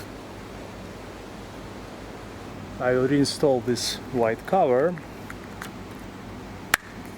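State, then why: Seated. Someone talks from about 2.8 to 5.0 s, then presses the white plastic trim cover on the inner rear hatch door of a 2024–2026 Lexus GX550 / Toyota Land Cruiser back on after routing the wiring for a cargo-area LED light. Two faint ticks at 5.3 s and 5.6 s lead to a sharp snap at 6.7 s as the cover seats in place.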